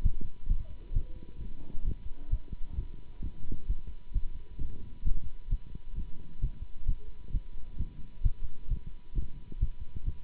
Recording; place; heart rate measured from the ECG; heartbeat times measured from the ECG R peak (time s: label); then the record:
heart sounds by stethoscope; between the tricuspid and mitral areas; 132 bpm
0.03 s: heartbeat
0.48 s: heartbeat
0.94 s: heartbeat
1.39 s: heartbeat
1.85 s: heartbeat
2.30 s: heartbeat
2.76 s: heartbeat
3.21 s: heartbeat
3.67 s: heartbeat
4.13 s: heartbeat
4.59 s: heartbeat
5.04 s: heartbeat
5.50 s: heartbeat
5.95 s: heartbeat
6.41 s: heartbeat
6.86 s: heartbeat
7.32 s: heartbeat
7.77 s: heartbeat
8.23 s: heartbeat
8.68 s: heartbeat
9.14 s: heartbeat
9.60 s: heartbeat
10.05 s: heartbeat
From the record:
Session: Bruce protocol treadmill stress test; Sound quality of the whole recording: good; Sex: male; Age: 24 years